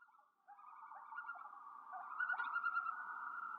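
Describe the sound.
Loon wail: a long, wavering tone held at a steady pitch, swelling slightly louder toward the end, with faint overtones above.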